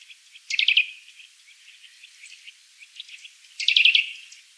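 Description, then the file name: Eurasian nuthatch calls, two short bursts of rapid, sharp high notes about three seconds apart, with faint chirps between. "Sitta europaea"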